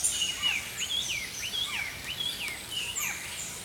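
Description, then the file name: Songbirds giving repeated swooping whistles and chirps in quick succession, with faint higher calls and light hiss. Early morning. "Healing Power Natural Sounds Oasis - Early Morning Songbirds"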